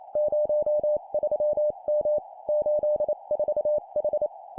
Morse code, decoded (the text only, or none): 03M 84H